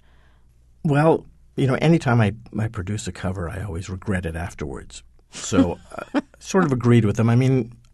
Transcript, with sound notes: Well, you know, anytime I produce a cover, I always regret it afterwards.
(SOUNDBITE OF LAUGHTER)
So, I sort of agreed with them. I mean,